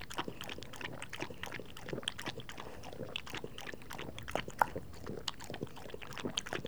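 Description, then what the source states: Dog lapping at water, a busy run of soft and crisp wet clicks with an occasional louder slurp. Dog drinking water, recorded close up.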